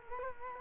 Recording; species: mosquito wingbeat signal from an infrared sensor; Culex quinquefasciatus